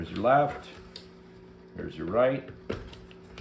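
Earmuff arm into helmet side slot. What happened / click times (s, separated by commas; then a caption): Handled, not yet home: earmuff arm not yet clicked into the helmet slot / none. Earmuff arms are being handled next to a forestry helmet, ready to be pushed into its side slots, while someone talks. A few short, sharp handling taps are heard between the speech. Nothing has seated or clicked yet.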